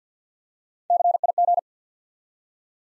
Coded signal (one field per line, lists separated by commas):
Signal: Morse code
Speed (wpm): 48 wpm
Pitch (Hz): 700 Hz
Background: none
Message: CIG